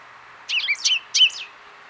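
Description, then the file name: Common chaffinch calls, a quick cluster of bright, chirpy notes sliding between high pitches, lasting about one second amid quiet background hiss. "Fringilla coelebs"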